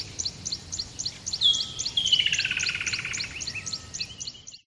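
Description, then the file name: Bird calls: a fast run of high clipped chirps, overlaid midway by a loud whistle that drops into a descending pulsed rattle. Dawn ambience by a river in the bush, with the bird close to the microphone. "smartsound ATMO BUSH River Dawn Bird Close"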